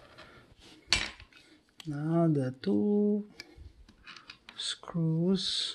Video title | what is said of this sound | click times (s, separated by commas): GOAT GUN "ACKNOWLEDGED " AK 47 REPLICA | this part is tricky you need this push it in so it locks in place now | 0.9 s